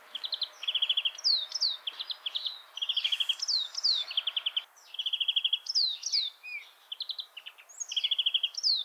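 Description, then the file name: European greenfinch song of steady rapid trills interleaved with clear falling whistles, repeated in phrases with only brief pauses throughout. "Chloris chloris"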